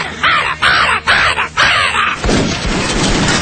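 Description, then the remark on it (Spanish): A southern lapwing's alarm call: four harsh, strident cries in quick succession, loud and raspy, followed by a rough, rumbling wash of noise with no talking. “Es un pájaro pequeño que dice, que tiene tero, tero. Y dice ¡tero, tero, tero!”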